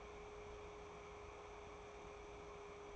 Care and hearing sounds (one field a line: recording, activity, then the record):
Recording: daily activity, microphone in the room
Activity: take from stove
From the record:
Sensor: 1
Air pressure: 1010.3 hPa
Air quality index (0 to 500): 171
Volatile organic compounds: 12 ppm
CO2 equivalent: 2358 ppm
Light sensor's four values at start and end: 56/143/59/75 and 57/148/61/77